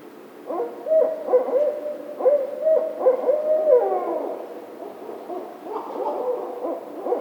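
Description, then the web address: Barred owl hooting, a series of rhythmic, resonant hoots ending in a drawn-out, descending note, then softer hoots. Recorded 16 March 2010. "Barred Owl 2010 03 16 Barred Owl"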